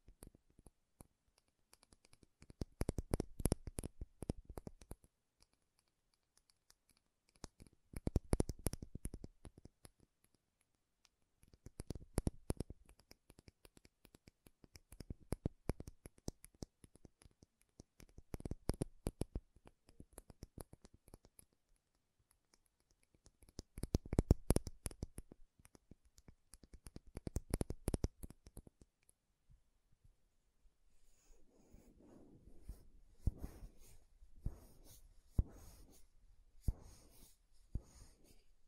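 Makeup tapping and scratching, heard as quick bursts of crisp taps and scrapes that come in clusters every few seconds with short silences between. After about thirty seconds the sound changes to softer, duller tapping with a faint lower rustle, steadier and less spaced out.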